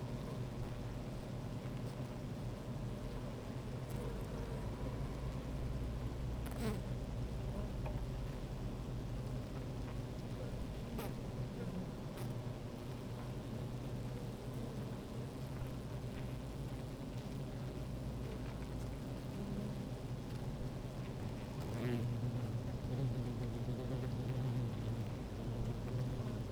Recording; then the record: honeybee colony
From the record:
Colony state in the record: active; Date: 28 July 2017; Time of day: 16:09